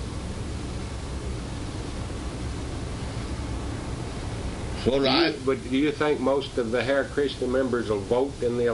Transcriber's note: none